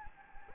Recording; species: mosquito wingbeat signal from an infrared sensor; Anopheles gambiae